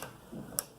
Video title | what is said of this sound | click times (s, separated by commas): Ford Excursion & Expedition Dome light and wiring, removal and replacement | it down and they just click right in place again click | 0.6 s